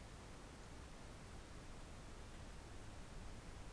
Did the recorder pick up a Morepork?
no